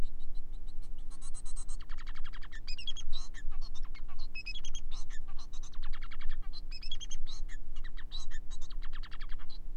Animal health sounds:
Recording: song of a male Bengalese finch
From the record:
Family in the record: son of father 4

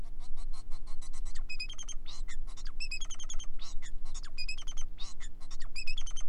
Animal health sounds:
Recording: song of a male Bengalese finch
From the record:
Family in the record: son of father 4

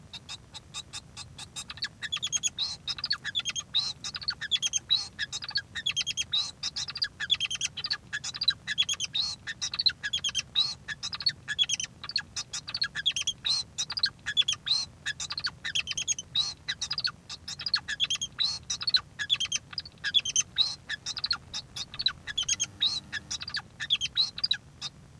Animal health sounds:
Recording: song of a male Bengalese finch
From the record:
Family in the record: son of father 2

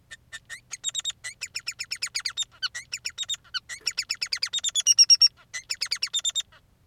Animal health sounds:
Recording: song of a male Bengalese finch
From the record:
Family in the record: son of father 3

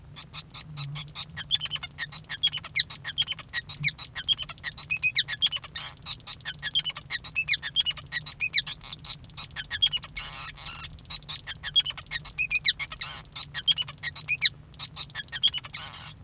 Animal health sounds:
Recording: song of a male Bengalese finch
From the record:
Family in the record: son of father 5

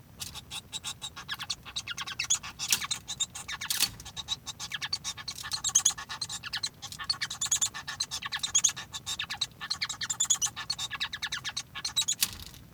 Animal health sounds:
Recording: song of a male Bengalese finch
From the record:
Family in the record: son of father 1

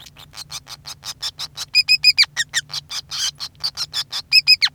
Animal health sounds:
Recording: song of a male Bengalese finch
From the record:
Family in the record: son of father 5

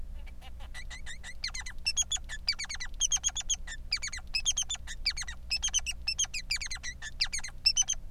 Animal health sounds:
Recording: song of a male Bengalese finch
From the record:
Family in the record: son of father 3

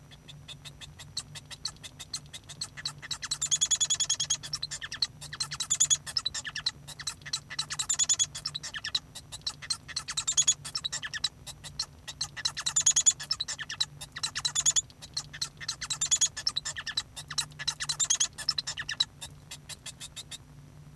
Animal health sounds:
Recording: song of a male Bengalese finch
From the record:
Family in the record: son of father 1

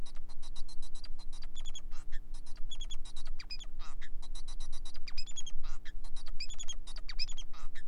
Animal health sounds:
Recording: song of a male Bengalese finch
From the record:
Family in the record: son of father 4

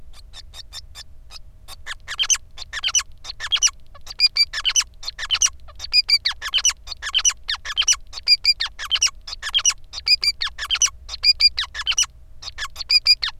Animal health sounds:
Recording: song of a male Bengalese finch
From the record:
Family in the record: son of father 5

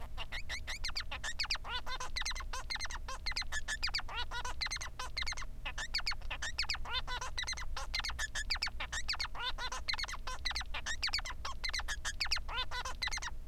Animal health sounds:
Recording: song of a male Bengalese finch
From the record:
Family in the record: son of father 3

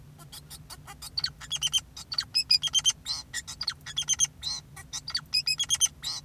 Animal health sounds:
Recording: song of a male Bengalese finch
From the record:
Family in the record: son of father 2, and himself father 4

